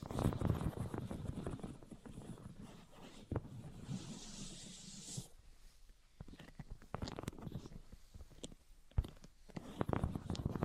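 Tapping, scratching and tracing sounds come in uneven bursts, with dense low rubbing for the first few seconds. Around four to five seconds a bright, hissy scratch stands out. After a quieter stretch near six seconds, sharp separate taps return irregularly, one especially crisp near nine seconds.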